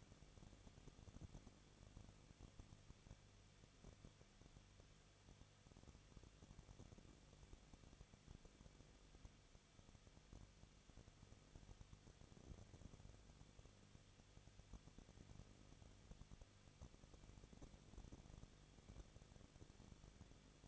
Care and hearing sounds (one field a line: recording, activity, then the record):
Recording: daily activity, microphone in the room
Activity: no activity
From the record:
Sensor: 4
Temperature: 23.0 degrees Celsius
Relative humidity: 34.0%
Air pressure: 1007.4 hPa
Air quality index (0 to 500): 213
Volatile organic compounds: 14 ppm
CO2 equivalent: 2452 ppm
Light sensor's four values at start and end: 2/3/1/1 and 2/3/1/1